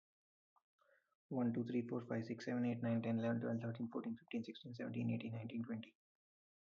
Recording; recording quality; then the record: counting at a fast pace; excellent, no background noise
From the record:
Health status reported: healthy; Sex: male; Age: 27 years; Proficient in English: yes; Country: India